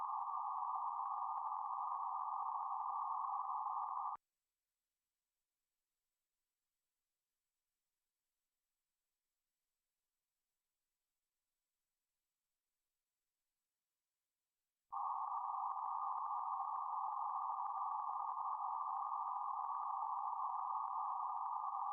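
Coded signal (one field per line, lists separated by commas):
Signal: PSK31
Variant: BPSK31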